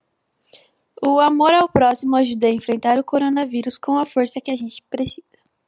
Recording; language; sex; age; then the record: spoken sentence; Brazilian Portuguese; female; 18 to 19 years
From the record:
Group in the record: control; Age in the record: 18 years